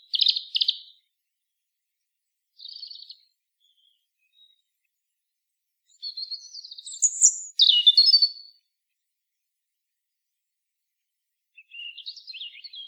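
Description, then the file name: European robin song: high, thin, warbling phrases and brief twittering notes in separate bursts with long quiet gaps, all high in pitch. "Erithacus rubecula"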